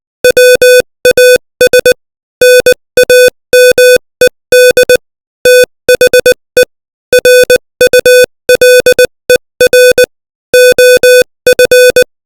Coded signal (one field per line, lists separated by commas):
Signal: Morse code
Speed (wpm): 20 wpm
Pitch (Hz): 500 Hz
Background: music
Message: WAS NAMED THE RULER OF